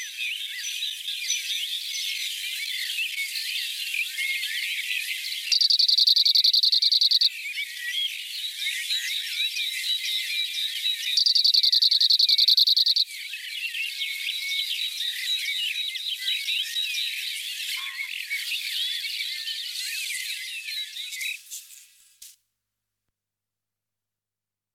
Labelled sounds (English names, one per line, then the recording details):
Cirl Bunting song
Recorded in the wild
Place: Ebringen /Breisgau-Hochschwarzwald, Baden-Württemberg, DE
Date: 1985-06-02
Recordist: Schwarz, Dieter
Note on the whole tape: Song